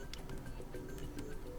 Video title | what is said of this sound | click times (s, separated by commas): POCO M8 5G - How to Insert SIM and SD Card | Though I don't think it's fully, yep, I can see that it's not fully seated. | 0.1 s